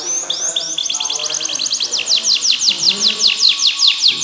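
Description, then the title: Canary singing a rapid trill that gradually slows into broader, louder descending notes, all high-pitched and evenly repeated. "Ini Baru Kenari!"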